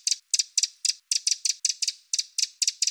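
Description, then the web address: Eurasian wren giving a dry, harsh ticking rattle of many short scratchy bursts in a rapid series. "Troglodytes troglodytes"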